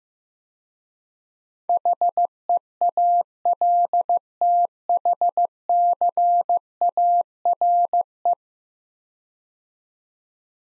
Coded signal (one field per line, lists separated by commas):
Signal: Morse code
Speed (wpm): 15 wpm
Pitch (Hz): 700 Hz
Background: none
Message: HEALTHCARE